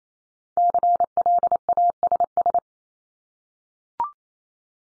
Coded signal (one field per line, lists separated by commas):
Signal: Morse code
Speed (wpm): 28 wpm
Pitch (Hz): 700 Hz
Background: none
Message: CLASS